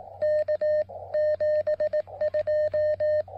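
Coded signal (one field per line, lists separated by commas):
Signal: Morse code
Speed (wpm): 18 wpm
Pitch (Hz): 590 Hz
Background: none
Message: K 72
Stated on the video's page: QRP POTA park activation CQ with an MTR-3B transceiver and PackTenna end-fed half-wave antenna.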